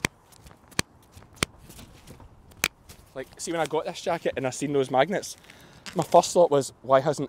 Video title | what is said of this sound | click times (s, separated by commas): The RAMS are out!!! | if I put this next to it, you can hear the click. | 0.1 s, 0.8 s, 1.4 s, 2.6 s